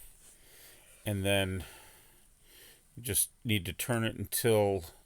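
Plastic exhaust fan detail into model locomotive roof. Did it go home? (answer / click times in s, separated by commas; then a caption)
no / none. A small plastic exhaust fan detail is being turned on the roof of an HO scale Walthers Proto 2000 F3A&B locomotive, to be rotated until the opening in its side locks onto the roof pins. Someone talks in short bursts, with only faint, quiet handling noise in the pauses. Nothing has seated or clicked yet.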